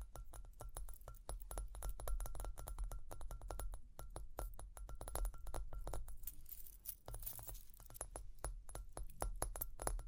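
Quick, dense tapping and scratching fills the clip, with sharp clicks arriving several times a second alongside metallic jingling. A steady low rumble sits underneath throughout. Around six to seven seconds the clicks thin briefly into a softer, rustling scratch before the busy tapping resumes.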